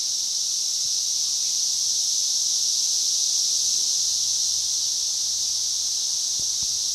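Cicada giving a constant shrill buzz.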